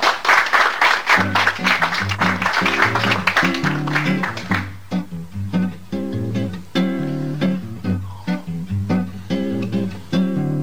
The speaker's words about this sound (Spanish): Fuerte el aplauso para ella.